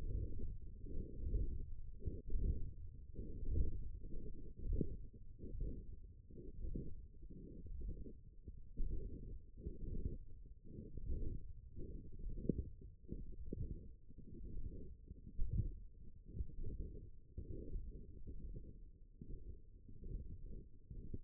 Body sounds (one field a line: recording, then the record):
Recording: forearm muscle sounds (acoustic myography)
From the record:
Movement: ulnar deviation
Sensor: system 1, eight BSWA MPA416 microphones around the upper forearm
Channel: 7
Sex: female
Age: 20 years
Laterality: right